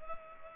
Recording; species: mosquito wingbeat signal from an infrared sensor; Culex pipiens